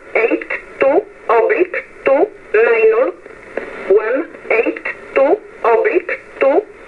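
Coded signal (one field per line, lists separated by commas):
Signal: numbers station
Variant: E11 Oblique, English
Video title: 15 08 2022 Numbers Station E11 Oblique in English to Eu 0830 on 15720 Warsaw in USB mode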